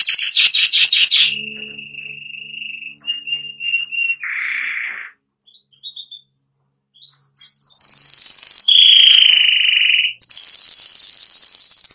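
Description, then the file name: Canary song beginning with a rapid stuttering trill, then a steady lower whistled roll, a pause, and long bright high trills. "canto do canario giboso espanhol"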